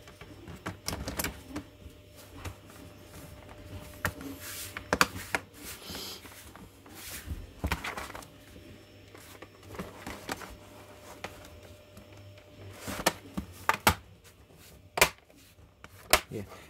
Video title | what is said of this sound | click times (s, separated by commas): How to upgrade 32 GB EMMC memory to SSD or HDD - install windows 10 on EMMC memory | should you should hear like click clicks everywhere around | 4.9 s, 5.0 s, 13.7 s, 13.9 s, 16.1 s